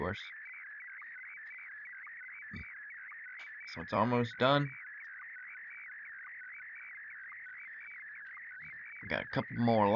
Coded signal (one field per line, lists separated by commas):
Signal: SSTV (slow-scan television)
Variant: Scottie DX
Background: speech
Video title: SSTV on Ham Radio ( watch me figure it out)